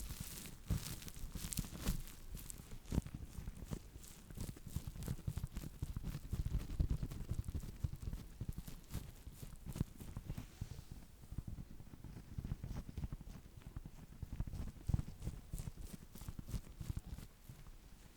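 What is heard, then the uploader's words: Brushing and scrunching on hair and scalp, with rapid, uneven bursts of bristly scratching and soft rustles. Sharp bright strokes come every fraction of a second, thinning briefly around eleven seconds before picking up again, over a low muffled rumble of handling. ASMR Tingly HEAD Massage (Brushing, Scrunching & More).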